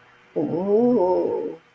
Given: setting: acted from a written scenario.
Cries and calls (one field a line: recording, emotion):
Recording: vocal sound without words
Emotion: embarrassment